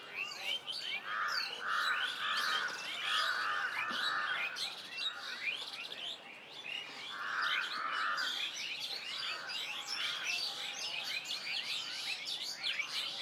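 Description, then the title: Many birds chirping at once, with a run of rounded lower notes repeated in a rhythmic series early on and again midway, over constant high twittering. Birds at medium distance in a village ambience. "GameAudioGDC. AMBIENCE Birds Medium Distant Village and People"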